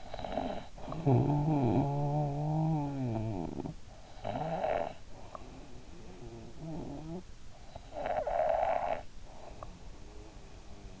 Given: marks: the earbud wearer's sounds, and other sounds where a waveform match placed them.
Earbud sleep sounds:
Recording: sounds in sleep by an in-ear microphone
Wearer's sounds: snoring breath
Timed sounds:
0.00-5.12 s: snoring breath
6.29-11.00 s: snoring breath

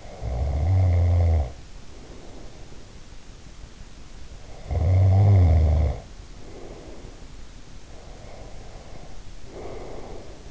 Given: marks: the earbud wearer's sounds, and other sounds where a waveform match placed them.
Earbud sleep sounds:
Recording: sounds in sleep by an in-ear microphone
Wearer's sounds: snoring breath, breath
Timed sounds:
0.00-2.91 s: snoring breath
4.41-7.37 s: snoring breath
7.76-10.51 s: breath

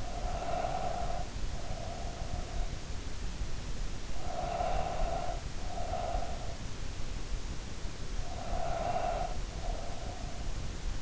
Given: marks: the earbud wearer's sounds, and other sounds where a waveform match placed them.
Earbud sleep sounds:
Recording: sounds in sleep by an in-ear microphone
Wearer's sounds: breath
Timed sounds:
0.00-2.60 s: breath
3.82-6.59 s: breath
7.96-11.02 s: breath

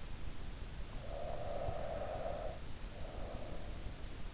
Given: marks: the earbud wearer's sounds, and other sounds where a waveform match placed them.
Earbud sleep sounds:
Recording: sounds in sleep by an in-ear microphone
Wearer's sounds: breath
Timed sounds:
1.06-3.75 s: breath

